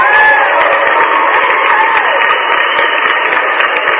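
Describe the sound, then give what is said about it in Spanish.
A dense, steady wash of crowd applause and cheering, loud and sustained for several seconds, with scattered whoops and a brief whistle rising above the clapping near the start. “Mi amigo productor de estos programas de radio, al que le mando un abrazo gigantesco y un aplauso”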